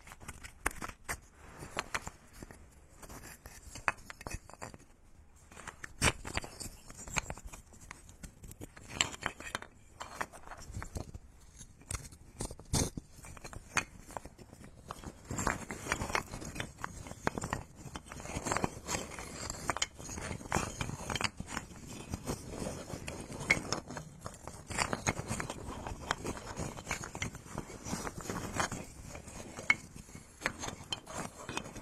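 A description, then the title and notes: Wooden massage tools produce dense, irregular clicks, taps and scrapes throughout, getting busier and louder after about fifteen seconds, over a faint hiss. Massage SPA with ASMR wood products.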